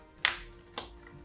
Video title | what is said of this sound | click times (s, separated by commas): 3D Puzzle Christmas Advent Calendar - December is coming! 🎄🎅🏻 | And it's quite satisfying to hear the popping sounds. | 0.2 s